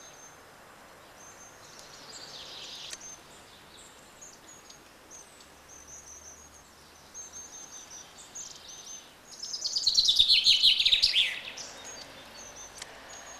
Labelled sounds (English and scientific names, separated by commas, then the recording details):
Common Chaffinch (Fringilla coelebs)
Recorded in the wild
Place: Martigny, Kanton Wallis, CH
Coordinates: 46.1239, 7.08528
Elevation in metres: 462
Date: 1986-03-20
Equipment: Uher 4000 Report, Sennheiser MKH 815 T
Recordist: Tretzel, Erwin
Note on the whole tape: Am Ufer der Rhône, Martigny, Schweiz: Rufe "huit" und dann Gesangsschläge